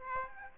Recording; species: mosquito wingbeat signal from an infrared sensor; Aedes aegypti